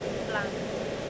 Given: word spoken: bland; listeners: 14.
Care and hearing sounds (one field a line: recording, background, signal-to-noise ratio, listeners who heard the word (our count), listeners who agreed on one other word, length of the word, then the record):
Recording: one English word in noise, from a listening test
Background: speech-shaped noise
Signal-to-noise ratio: -4.9 dB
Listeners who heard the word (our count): 4 of 14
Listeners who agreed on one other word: 9 of 14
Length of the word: 0.69 s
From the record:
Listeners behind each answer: 9, 4, 1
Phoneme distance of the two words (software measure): 20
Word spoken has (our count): 1 syllable, 5 phonemes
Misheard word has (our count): 1 syllable, 5 phonemes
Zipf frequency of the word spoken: 3.50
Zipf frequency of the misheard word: 4.12